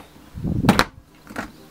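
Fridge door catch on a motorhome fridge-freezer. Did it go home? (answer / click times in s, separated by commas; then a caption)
yes / 0.7 s, 0.8 s. A motorhome fridge-freezer door is pushed closed, with a low rumble building before two sharp clicks at 0.7 s and 0.8 s as the door catch engages and clicks back into place. A quieter pair of softer knocks follows around 1.3–1.4 s, and the door ends up seated and shut.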